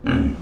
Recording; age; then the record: pig call; growing-finishing pig (85 days or more)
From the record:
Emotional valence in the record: negative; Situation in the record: barren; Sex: female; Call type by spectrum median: low-frequency call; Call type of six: low-frequency stable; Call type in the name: low-frequency stable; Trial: 1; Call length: 0.42 s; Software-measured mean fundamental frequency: 51 Hz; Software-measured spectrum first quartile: 172 Hz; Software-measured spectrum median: 286 Hz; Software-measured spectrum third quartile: 791 Hz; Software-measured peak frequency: 261 Hz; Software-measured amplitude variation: 179 dB a second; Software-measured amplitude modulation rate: 16.8 a second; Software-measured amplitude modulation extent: 10.7 dB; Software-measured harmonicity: 0.5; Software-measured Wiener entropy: -1.53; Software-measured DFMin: 868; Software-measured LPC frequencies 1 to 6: 274, 1548, 2381, 2880, 3920, 5972 Hz